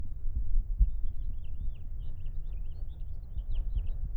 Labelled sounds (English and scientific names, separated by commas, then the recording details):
House Finch (Haemorhous mexicanus) song
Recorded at WGilgo Beach on Long Island, New York, on 22 May 1975
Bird A